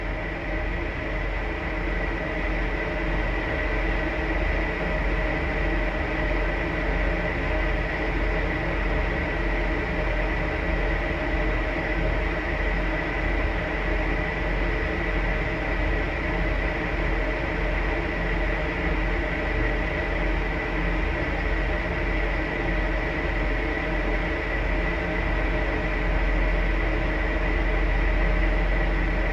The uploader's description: Five tones recorded before dismantling a home in Sussex